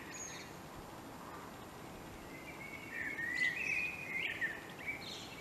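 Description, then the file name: Common blackbird song, one long rich warbled phrase rising into squeaky high notes in the second half, over even background noise. "Turdus merula"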